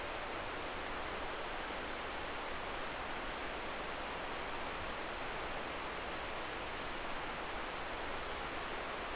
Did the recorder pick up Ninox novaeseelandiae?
no